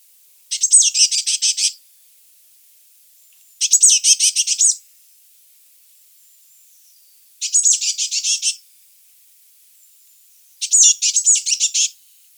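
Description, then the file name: Eurasian blue tit churring: four scolding bursts of quick, buzzy high notes, each about a second long, repeated roughly every three and a half seconds. "Cyanistes caeruleus"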